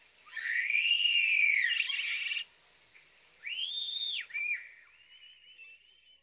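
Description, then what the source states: European Starling whistles: a long, loud rising-and-falling whistled note, then a shorter arched whistle and a lower, fading slurred whistle. Several birds giving typical complex vocalizations: high-pitched squeaky squeals, wolf whistles, garbled clucks and clicks; wolf whistle notes aid recognition.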